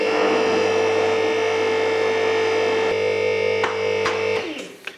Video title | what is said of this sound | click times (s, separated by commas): ToolMania 4 TON 2 koloms hefbrug installatie video PART2 | you hear the click that column clicked a fraction of a second earlier than that one now | 4.9 s